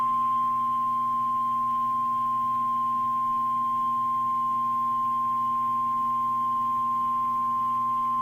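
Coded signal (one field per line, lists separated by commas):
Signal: Emergency Alert System (SAME) tones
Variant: 1050 Hz attention tone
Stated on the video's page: Tornado watch from the Storm Prediction Center, received on NOAA weather radio station WXK85.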